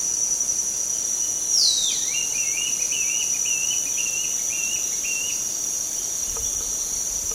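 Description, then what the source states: Dusky Broadbill call: one steep downward sweep leads into a run of quick, bouncy high notes. A steady insect chorus fills the background. Recorded on 1 May 2007.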